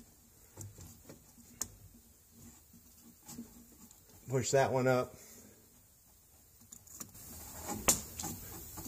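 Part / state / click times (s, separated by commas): plastic retaining clip into evap canister bracket / seated / 7.9 s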